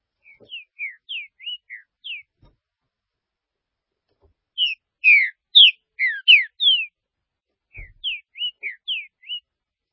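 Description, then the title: Green-winged saltator singing soft then louder phrases of clear slurred whistles, the middle phrase loudest and densest, with a quieter phrase following. "Trinca Ferro"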